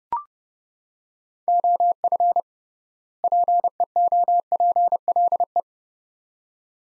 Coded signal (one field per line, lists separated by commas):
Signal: Morse code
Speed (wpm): 29 wpm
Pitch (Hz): 700 Hz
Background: none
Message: OF PEOPLE